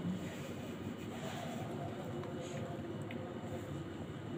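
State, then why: Not seated. During contraceptive implant insertion, the needle or cannula of a plastic implant applicator is being pulled back into the applicator body using the withdrawal technique. Steady broadband background noise runs throughout, with one brief faint tick around 3.1 s. Nothing has clicked or locked into place yet.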